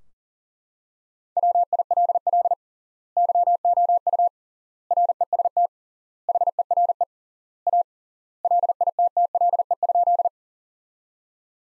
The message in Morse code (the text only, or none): WILL YOU REST HERE A LITTLE?